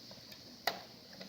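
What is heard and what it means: A thread is pushed into a slot on the edge of a plastic bracelet-braiding machine and seats with a single sharp click at 0.7 s. Fainter soft ticks sound around it, and the thread ends up clicked into the slot.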